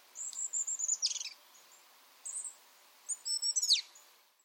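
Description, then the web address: Bird calls: thin high whistles with sharp, squeaky chirps come in two groups separated by a brief quiet spell and a short chirp. "cianscape. Deverinetal 2025. Bird Only"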